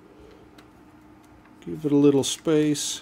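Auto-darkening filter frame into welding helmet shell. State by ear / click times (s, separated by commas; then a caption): not seated / none. A flat screwdriver pries open the gap in the plastic shell of a Harbor Freight welding mask so the auto-darkening filter frame can be seated. Faint ticks are heard at about 0.6 s and 1.5 s, then someone talks. Nothing has seated or clicked yet; the frame has not been pushed home.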